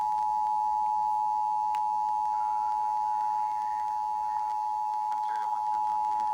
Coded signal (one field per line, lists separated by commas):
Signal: Emergency Alert System (SAME) tones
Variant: 853 and 960 Hz attention tone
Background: speech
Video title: Snohomish County 911 Required Monthly Test EAS(6-9-2020)